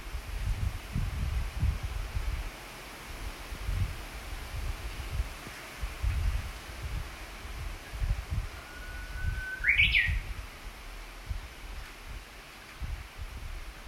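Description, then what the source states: Japanese bush warbler song: one long steady whistle that breaks into a short, bright, up-and-down phrase near the end. Gusty wind and rustling run throughout. Recorded 14 June 2019.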